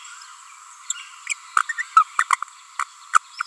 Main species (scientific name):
Forpus passerinus